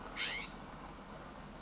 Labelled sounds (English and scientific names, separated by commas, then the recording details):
California Scrub-Jay (Aphelocoma californica)
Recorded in Sonoma County, California